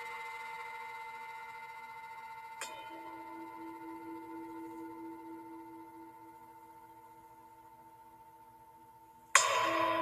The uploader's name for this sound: Sounds of Singing Bowls